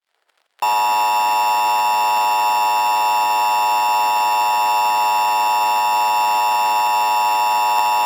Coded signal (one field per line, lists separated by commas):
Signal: Emergency Alert System (SAME) tones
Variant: 853 and 960 Hz attention tone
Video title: EAS MOCK: STEAL A BRAINROT